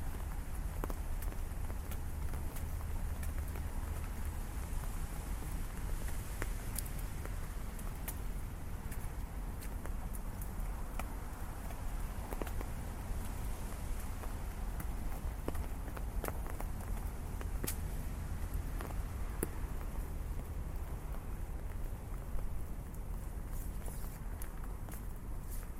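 Rain patters steadily during a walk along a wet city street, a dense hiss with frequent sharp drips and taps scattered throughout. A low, constant rumble of traffic sits underneath, and the overall level stays even for the whole stretch.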